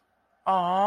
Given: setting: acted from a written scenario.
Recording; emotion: vocal sound without words; sympathy